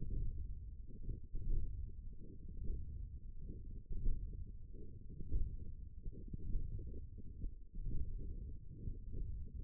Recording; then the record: forearm muscle sounds (acoustic myography)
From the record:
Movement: hand closing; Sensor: system 1, eight BSWA MPA416 microphones around the upper forearm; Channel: 7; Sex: female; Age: 20 years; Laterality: right